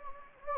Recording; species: mosquito wingbeat signal from an infrared sensor; Anopheles gambiae